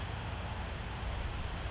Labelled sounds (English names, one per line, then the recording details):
California Towhee
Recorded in Sonoma County, California